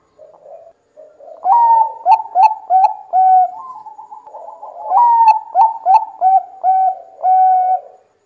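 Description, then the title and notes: Zebra dove song with two phrases of staccato cooing notes, each opening with a higher note and ending in longer, level coos. Long-duration zebra dove song used as a lure; gacor, meaning a bird singing frequently and energetically. "Pancingan Perkutut Durasi Panjang. Suara Burung Perkutut Gacor"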